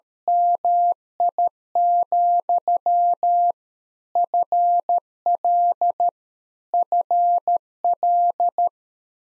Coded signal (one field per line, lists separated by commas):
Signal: Morse code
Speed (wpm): 13 wpm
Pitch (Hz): 700 Hz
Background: none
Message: MI, FL FL